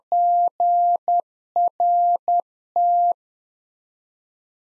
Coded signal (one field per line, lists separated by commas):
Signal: Morse code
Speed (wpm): 10 wpm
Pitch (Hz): 700 Hz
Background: none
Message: GRT